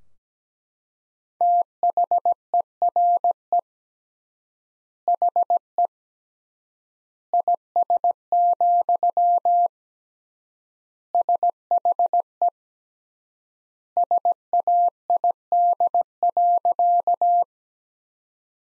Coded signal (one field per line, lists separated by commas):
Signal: Morse code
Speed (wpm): 17 wpm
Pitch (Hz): 700 Hz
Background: none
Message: THERE HE IS, SHE SAID.